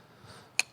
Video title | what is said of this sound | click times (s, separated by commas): Can Small Telescopes Take Great Astrophotos? | böyle tık diye dışarı çıkıyor ve uzuyor. | 0.6 s